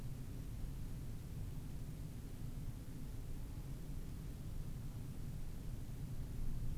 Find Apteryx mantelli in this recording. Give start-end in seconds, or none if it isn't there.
none